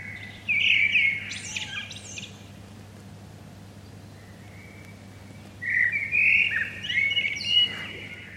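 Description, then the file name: Common blackbird song: a loud warbled phrase ending in a high twitter, a long quiet gap with a faint thin note, then another rich phrase. "Turdus merula"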